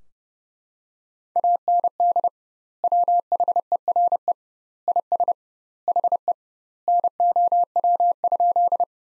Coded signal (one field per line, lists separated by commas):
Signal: Morse code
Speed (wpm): 30 wpm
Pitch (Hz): 700 Hz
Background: none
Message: AND WHERE IS HE NOW?